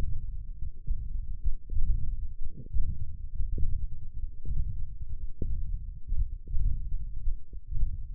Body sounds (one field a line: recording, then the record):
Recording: forearm muscle sounds (acoustic myography)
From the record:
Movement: ulnar deviation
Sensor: system 1, eight BSWA MPA416 microphones around the upper forearm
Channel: 2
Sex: male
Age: 21 years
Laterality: right